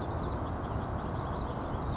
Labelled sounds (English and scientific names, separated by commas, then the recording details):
Grasshopper Sparrow (Ammodramus savannarum)
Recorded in Sonoma County, California